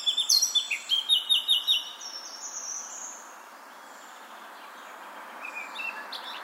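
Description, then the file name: Eurasian blackcap: songbird phrase of quick repeated chirping notes over the first two seconds, then only faint thin notes and a soft background hiss. "Sylvia atricapilla"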